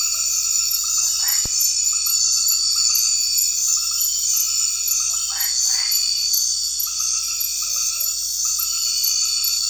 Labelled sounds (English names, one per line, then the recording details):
none
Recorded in secondary vegetation near Puerto Asís, Putumayo, Colombia, on 8 March 2025 at 20:30
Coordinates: 0.499, -76.323
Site G094